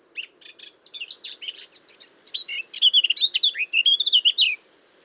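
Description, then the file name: Eurasian blackcap song: quiet scratchy twitters swelling into a loud, clear, fluting warble, one continuous phrase of about four seconds. "Sylvia atricapilla"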